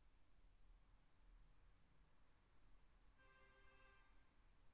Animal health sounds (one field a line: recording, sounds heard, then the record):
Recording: poultry house recording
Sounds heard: no chicken sound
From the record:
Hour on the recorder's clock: 12